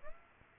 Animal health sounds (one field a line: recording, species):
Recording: mosquito wingbeat signal from an infrared sensor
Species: Aedes aegypti